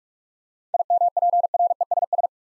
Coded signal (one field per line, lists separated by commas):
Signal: Morse code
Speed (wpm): 42 wpm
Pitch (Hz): 700 Hz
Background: none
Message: IMPRESS